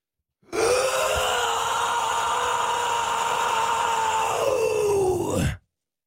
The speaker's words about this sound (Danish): Ja, smukt. Det var et growl, eller hvad siger man? Ja, det vil man kalde en blanding mellem growl og skrig.